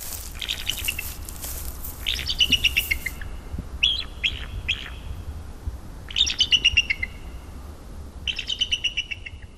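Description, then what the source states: Bald eagle calls: several bursts of high, thin chittering notes in quick series. Played back as the mystery sound for the week's Nature Challenge.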